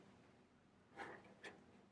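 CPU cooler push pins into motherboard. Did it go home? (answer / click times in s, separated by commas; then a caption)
no / none. A stock CPU cooler is handled over a motherboard, with its plastic push pins set to be pressed down on all four corners until they click into the motherboard holes to secure it. Over low background hiss, two brief handling noises rise at about 1.0 and 1.5 seconds. Nothing has seated or clicked yet.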